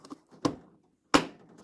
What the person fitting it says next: Snaps into place.